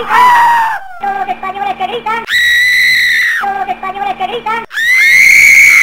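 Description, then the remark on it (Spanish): A crowd of people shouts and screams loudly and shrilly in long sustained bursts, alternating with rougher, lower-pitched vocal stretches, filling the whole few seconds. “El corazón de todos los españoles que gritan.”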